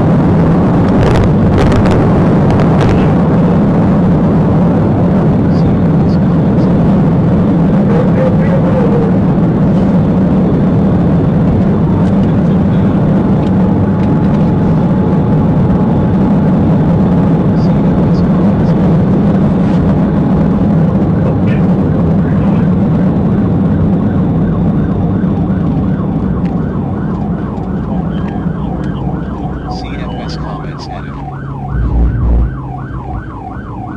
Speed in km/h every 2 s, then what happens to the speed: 184, 182, 177, 175, 175, 172, 171, 171, 171, 169, 159, 145, 124, 111, 69, 63, 55.
0-34 brakes to 55.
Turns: none.